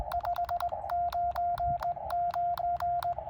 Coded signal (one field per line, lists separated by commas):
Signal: Morse code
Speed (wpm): 19 wpm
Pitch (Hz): 700 Hz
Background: none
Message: 599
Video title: POTA QRP Cootie Activation: James Pate Philip State Park K-1001 10/28/2022 with KX2 and 9:1 Vertical